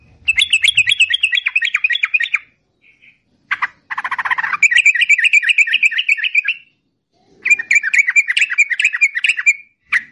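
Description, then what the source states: Yellow-vented bulbul delivering long rapid trilled phrases of bright chirps, with a brief harsh noisy burst partway through and short gaps between phrases. Masteran (training) song in the long ropel panjang trill style.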